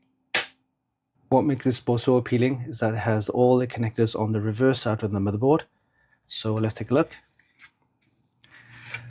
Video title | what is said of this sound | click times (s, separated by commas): The Funky Kit Show LIVE Ep.362 - Gigabyte B850 AORUS STEALTH ICE, AMD CPU Prices UP, No More Crucial | Again, you line it up here and you uh slot it down with a nice click. | 0.3 s